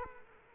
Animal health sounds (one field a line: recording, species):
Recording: mosquito wingbeat signal from an infrared sensor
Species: Culex quinquefasciatus